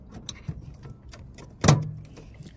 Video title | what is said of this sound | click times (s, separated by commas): Audi Q5 headlight replacement | and it's nice into place you hear that click it went all the way in it's | 1.7 s